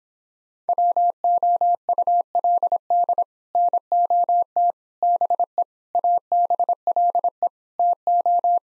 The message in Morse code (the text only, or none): WOULD NOT BE ABLE TO